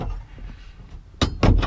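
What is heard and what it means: A plastic rear interior trim panel on a GT86 is worked back in behind the surrounding trim and jammed into position so its tab pops into the plastics underneath. After a quiet, low rumbling stretch, a sharp plastic knock and snap at 1.2 s seats the panel in place, followed by smaller taps around 1.4 s and 1.6 s.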